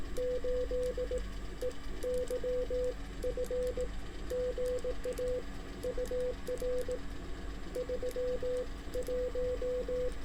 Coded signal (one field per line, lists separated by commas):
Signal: Morse code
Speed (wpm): 18 wpm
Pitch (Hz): 500 Hz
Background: none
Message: 8 E Y F GA UR 3 1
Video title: Getting Indiana Activated with an 18 WPM CW POTA Activation at Beaver Bottom Lake (No bottoms seen)